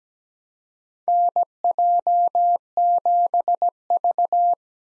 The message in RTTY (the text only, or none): none